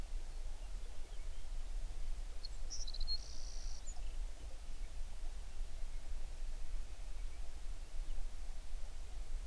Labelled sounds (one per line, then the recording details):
songbird
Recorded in the Prudhoe Bay oil fields, Alaska, on 11 June 2019 at 05:31
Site 21